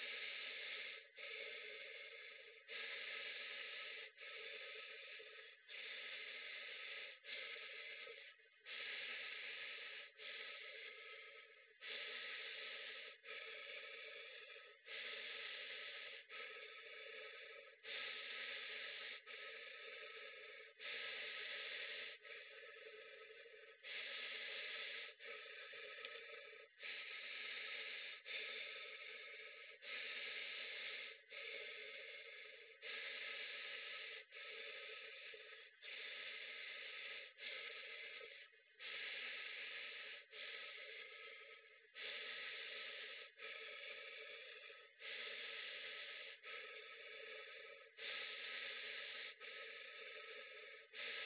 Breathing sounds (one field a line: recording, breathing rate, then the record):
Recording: paced breathing near a phone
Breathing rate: 20 breaths a minute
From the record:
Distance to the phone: 40 cm